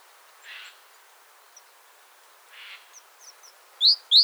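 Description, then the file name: Great tit calls: two soft, hoarse notes a couple of seconds apart, then two loud, sharp rising high notes in quick succession near the end, with faint chips between. "Parus major"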